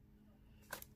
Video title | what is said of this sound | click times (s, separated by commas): Grossery Gang Muck Chuck Garbage Truck Unboxing and Review | you can use it as a catapult and what's great about it is when you're done just snaps back in | 0.7 s